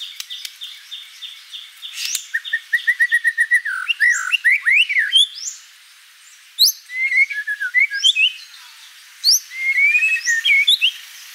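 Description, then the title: White-rumped shama singing varied loud whistles, repeated chip series and sweeping slurred notes, pausing briefly near six seconds before resuming with rich rising phrases. Lure sound used for trapping or training the bird. "Pikat Murai Batu"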